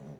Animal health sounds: pig call; piglet (1 to 25 days)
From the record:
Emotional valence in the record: negative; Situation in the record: short isolation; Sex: female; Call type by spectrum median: low-frequency call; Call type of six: low-frequency stable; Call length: 0.20 s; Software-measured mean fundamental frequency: 71 Hz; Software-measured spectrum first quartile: 161 Hz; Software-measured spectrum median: 250 Hz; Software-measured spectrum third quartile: 549 Hz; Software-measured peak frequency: 218 Hz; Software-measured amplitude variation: 75 dB a second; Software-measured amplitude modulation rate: 9.9 a second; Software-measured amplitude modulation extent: 7.6 dB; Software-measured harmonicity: 0.2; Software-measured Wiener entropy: 0.22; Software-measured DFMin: 1005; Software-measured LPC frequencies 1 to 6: 3537, 5942, 6919, 7809, 9561, 10695 Hz

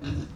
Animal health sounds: pig call; growing-finishing pig (85 days or more)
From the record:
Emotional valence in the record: positive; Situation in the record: run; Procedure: transit

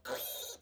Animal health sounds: pig call; piglet (1 to 25 days)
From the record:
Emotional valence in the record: negative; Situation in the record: restrain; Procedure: back test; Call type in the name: high-frequency call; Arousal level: low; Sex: male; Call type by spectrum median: high-frequency call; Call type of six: high-frequency stable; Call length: 0.62 s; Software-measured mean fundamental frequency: 214 Hz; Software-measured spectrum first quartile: 1484 Hz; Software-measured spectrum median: 4848 Hz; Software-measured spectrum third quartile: 10964 Hz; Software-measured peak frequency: 509 Hz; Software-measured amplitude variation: 136 dB a second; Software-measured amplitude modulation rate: 24.3 a second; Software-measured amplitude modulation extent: 5.6 dB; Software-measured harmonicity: 3.2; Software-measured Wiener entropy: -2.20

